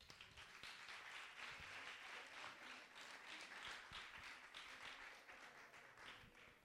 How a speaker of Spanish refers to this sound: Lo siento. Un aplauso, ¿no?